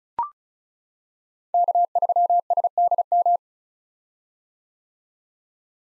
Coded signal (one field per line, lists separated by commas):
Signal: Morse code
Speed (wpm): 34 wpm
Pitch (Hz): 700 Hz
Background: none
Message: K3SDM